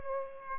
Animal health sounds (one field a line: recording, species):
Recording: mosquito wingbeat signal from an infrared sensor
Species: Aedes aegypti